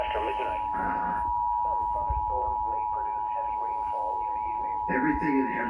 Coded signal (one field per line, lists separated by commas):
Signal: Emergency Alert System (SAME) tones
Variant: 853 and 960 Hz attention tone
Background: speech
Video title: Emergency Alert System Compilation severe weather outbreak, KINDA eas#206